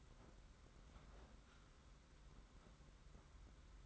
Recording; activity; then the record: daily activity, microphone in the room; open fridge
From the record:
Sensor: 3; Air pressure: 991.9 hPa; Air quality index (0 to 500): 216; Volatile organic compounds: 1000 ppm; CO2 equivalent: 7371 ppm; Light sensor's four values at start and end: 33/97/40/33 and 33/97/40/33